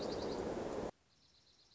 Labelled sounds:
Dark-eyed Junco
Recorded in Sonoma County, California

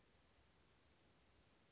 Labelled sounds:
Western Flycatcher
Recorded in Sonoma County, California

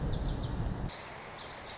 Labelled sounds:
Lazuli Bunting
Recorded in Sonoma County, California

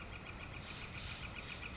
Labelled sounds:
Northern Flicker
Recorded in Sonoma County, California

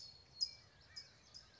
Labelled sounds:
California Towhee
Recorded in Sonoma County, California

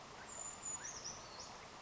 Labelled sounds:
Brown Creeper
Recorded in Sonoma County, California

